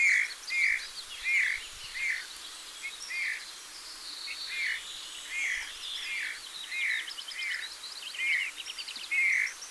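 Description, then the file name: Eurasian bullfinch giving soft piping calls, short whistles repeated at a steady pace throughout, with thin chirping from other birds. "Pyrrhula pyrrhula"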